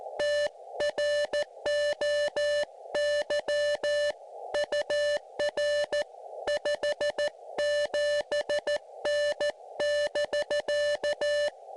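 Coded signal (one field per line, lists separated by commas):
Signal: Morse code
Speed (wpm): 15 wpm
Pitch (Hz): 590 Hz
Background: none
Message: TROY UR 57N<BK>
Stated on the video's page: QRP SOTA summit activation using an Elecraft KX2 with linked dipole and 58-foot long wire antenna.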